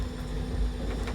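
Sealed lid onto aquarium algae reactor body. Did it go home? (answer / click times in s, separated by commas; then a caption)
no / none. Two hands press the tightly sealing plastic lid of an aquarium macroalgae reactor down onto its body. A steady low hum runs throughout, with faint ticking and a brief brighter scrape near the end. The lid has not yet popped into place, and nothing has seated or clicked yet.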